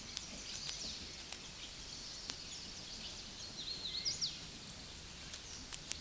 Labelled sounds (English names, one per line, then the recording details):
Hooded Warbler song
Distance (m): 55 m
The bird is about 15 m above the microphone
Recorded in a Pennsylvania forest on 16 May 2024 at 09:40
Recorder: AudioMoth, point MSD-2257
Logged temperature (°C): 16.0 °C
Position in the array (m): 148 m, 129 m